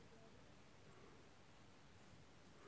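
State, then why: Not seated. A replacement coil is being handled and pushed toward the atomizer base of a Vaporesso Revenger e-cigarette tank. Only a steady, even hiss of broadband noise with faint low rustling is heard, with no distinct hits or talk. Nothing has seated or clicked yet.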